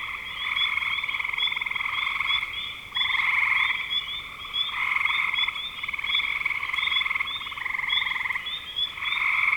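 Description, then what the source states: Frogs in a thick chorus, overlapping pulsed trills rising and dropping in bursts of one to two seconds above a continuous high-pitched drone. Frogs in spring 2025.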